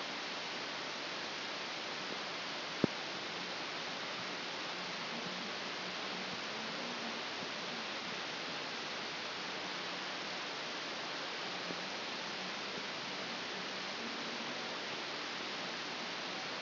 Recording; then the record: brain microelectrode recording played as sound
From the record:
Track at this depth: inside the subthalamic nucleus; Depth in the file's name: 3.129 mm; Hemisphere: left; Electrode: 2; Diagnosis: Parkinson's disease